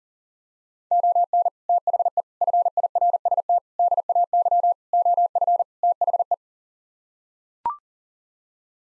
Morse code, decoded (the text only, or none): ON THE FIRST DAY OF THE